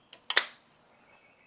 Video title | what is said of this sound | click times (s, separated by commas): Brand New KBO Compact Foldable E Bike | once you have the frame in place all you have to do now is press this lever over making sure that this snaps into place | 0.3 s